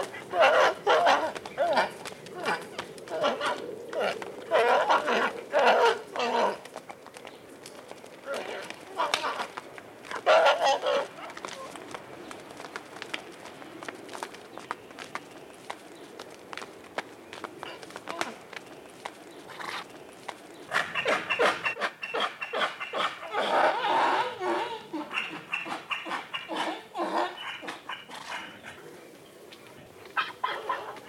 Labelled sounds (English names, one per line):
Onager